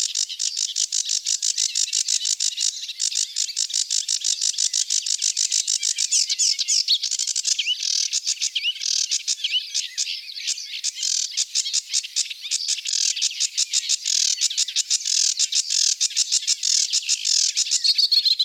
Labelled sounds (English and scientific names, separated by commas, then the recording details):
Sedge Warbler (Acrocephalus schoenobaenus) song
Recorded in the wild
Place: Flögelner See, Schleswig-Holstein, DE
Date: 1982-05-30
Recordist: Schwarz, Dieter
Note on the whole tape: Song